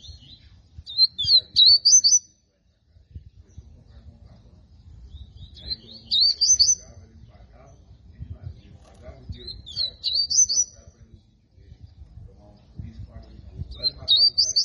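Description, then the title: Rusty-collared seedeater song: short, high, twittering whistled phrases repeated every few seconds, with quiet pauses between. Tui tui style song; female bird. "COLEIRO DE GOLA TUI TUI FIBRA"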